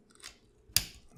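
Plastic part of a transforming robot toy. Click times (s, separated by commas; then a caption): 0.8 s. A plastic part of a transforming robot toy is pushed during its transformation until it clicks into place. A few faint ticks and a soft snap around 0.3 s come first, then a loud, sharp click at 0.8 s marks the part seating, followed by a few quieter handling sounds.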